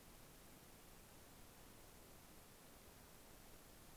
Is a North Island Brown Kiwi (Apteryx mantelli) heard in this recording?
no